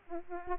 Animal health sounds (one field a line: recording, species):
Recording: mosquito wingbeat signal from an infrared sensor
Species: Aedes aegypti